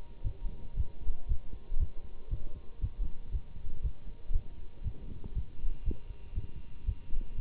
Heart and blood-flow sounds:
heart sounds by stethoscope; between the tricuspid and mitral areas; 118 bpm
0.23 s: heartbeat
0.76 s: heartbeat
1.28 s: heartbeat
1.79 s: heartbeat
2.30 s: heartbeat
2.81 s: heartbeat
3.31 s: heartbeat
3.82 s: heartbeat
4.32 s: heartbeat
4.83 s: heartbeat
5.34 s: heartbeat
5.84 s: heartbeat
6.35 s: heartbeat
6.85 s: heartbeat
7.37 s: heartbeat
From the record:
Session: Bruce protocol treadmill stress test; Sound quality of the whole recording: good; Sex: male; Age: 24 years

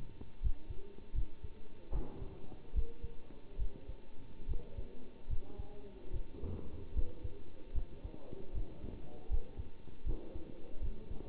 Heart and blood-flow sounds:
heart sounds by stethoscope; between the tricuspid and mitral areas; 75 bpm
0.42 s: heartbeat
1.14 s: heartbeat
1.91 s: heartbeat
2.75 s: heartbeat
3.58 s: heartbeat
4.48 s: heartbeat
5.29 s: heartbeat
6.12 s: heartbeat
6.95 s: heartbeat
7.74 s: heartbeat
8.54 s: heartbeat
9.30 s: heartbeat
10.05 s: heartbeat
10.81 s: heartbeat
From the record:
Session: bicycle stress test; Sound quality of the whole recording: good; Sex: male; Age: 27 years

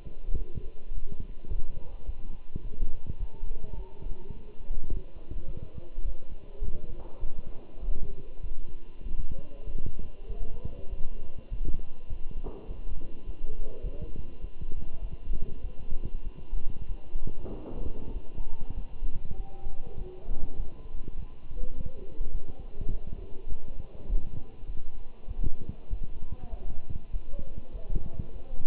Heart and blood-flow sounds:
heart sounds by stethoscope; between the tricuspid and mitral areas; 101 bpm
0.37 s: heartbeat
0.94 s: heartbeat
1.50 s: heartbeat
2.06 s: heartbeat
2.63 s: heartbeat
3.19 s: heartbeat
3.76 s: heartbeat
4.33 s: heartbeat
4.89 s: heartbeat
5.47 s: heartbeat
6.05 s: heartbeat
6.63 s: heartbeat
7.20 s: heartbeat
7.81 s: heartbeat
8.42 s: heartbeat
9.04 s: heartbeat
9.66 s: heartbeat
10.28 s: heartbeat
10.90 s: heartbeat
11.50 s: heartbeat
12.09 s: heartbeat
12.68 s: heartbeat
13.26 s: heartbeat
13.82 s: heartbeat
14.41 s: heartbeat
15.02 s: heartbeat
15.63 s: heartbeat
16.24 s: heartbeat
16.88 s: heartbeat
17.50 s: heartbeat
18.13 s: heartbeat
18.76 s: heartbeat
19.37 s: heartbeat
19.98 s: heartbeat
20.58 s: heartbeat
21.17 s: heartbeat
21.75 s: heartbeat
22.33 s: heartbeat
22.91 s: heartbeat
23.49 s: heartbeat
24.08 s: heartbeat
24.67 s: heartbeat
25.28 s: heartbeat
25.90 s: heartbeat
26.51 s: heartbeat
27.12 s: heartbeat
27.73 s: heartbeat
28.34 s: heartbeat
From the record:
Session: walking at 3.7 km/h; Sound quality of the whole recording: good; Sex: male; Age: 24 years

